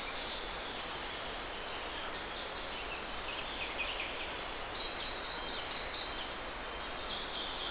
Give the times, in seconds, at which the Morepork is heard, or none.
none